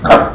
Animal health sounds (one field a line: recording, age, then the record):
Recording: pig call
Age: growing-finishing pig (85 days or more)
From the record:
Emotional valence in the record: positive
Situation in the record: run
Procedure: transit